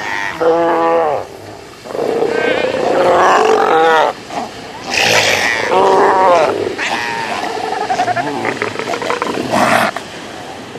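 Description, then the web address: South American sea lion bawls: loud harmonic wavering calls in bursts, with short pauses between groups. "earth naturelibrary assets s so south american sea lion"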